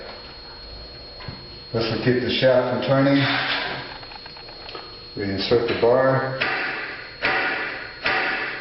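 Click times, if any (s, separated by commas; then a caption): 8.1 s. A steel winding bar is pushed into the socket of a garage door torsion spring winding cone while someone talks. It clicks at 8.1 s, showing the bar is seated all the way in.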